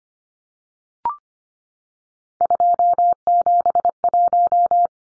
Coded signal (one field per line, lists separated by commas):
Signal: Morse code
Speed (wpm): 25 wpm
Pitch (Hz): 700 Hz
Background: none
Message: 271